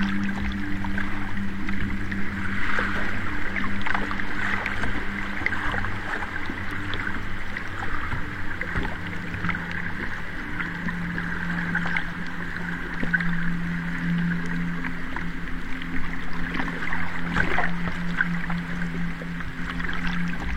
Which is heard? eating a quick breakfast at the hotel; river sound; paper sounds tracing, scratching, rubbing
river sound